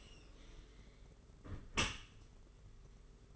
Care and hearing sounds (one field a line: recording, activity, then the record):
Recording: daily activity, microphone in the room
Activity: close dishwasher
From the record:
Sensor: 4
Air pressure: 992.2 hPa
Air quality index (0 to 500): 108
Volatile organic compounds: 17 ppm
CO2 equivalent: 2582 ppm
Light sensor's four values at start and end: 23/78/29/30 and 23/78/29/30